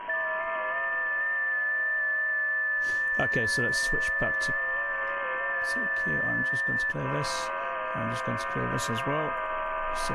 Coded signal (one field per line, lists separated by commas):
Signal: FT8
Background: speech